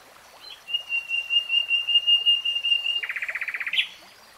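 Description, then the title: Nightingale song: a long, pulsing whistled note that swells and holds, then breaks into a rapid, even trill and a final sharp note. Nightingale singing, recorded in real time. "[Tiếng chim hót] Nightingale Singing"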